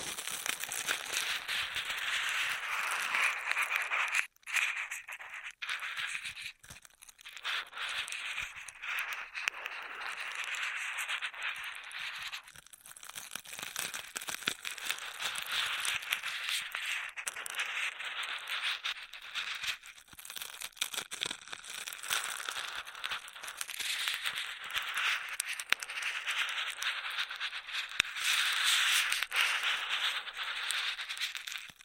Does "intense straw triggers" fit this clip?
yes